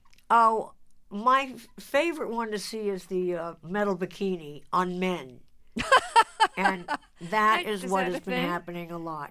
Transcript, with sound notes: Oh, my favorite one to see is the metal bikini on men.
(Laughter).
And that is what has been happening a lot.